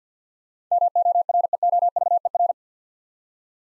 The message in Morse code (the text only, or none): MOREOVER